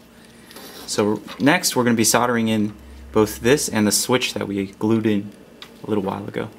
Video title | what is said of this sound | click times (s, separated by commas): Likame Tutorial- the likeable photo frame! | if you push it, you'll hear a little click. | 0.5 s